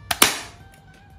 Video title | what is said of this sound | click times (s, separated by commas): How to use freestyle libre? #healthylifestyle #freestylelibre #india #libresensor #diabetescare | did you hear the click sound | 0.1 s, 0.2 s